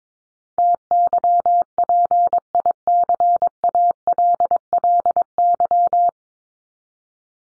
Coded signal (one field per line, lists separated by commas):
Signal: Morse code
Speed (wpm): 22 wpm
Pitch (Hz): 700 Hz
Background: none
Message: TYPICALLY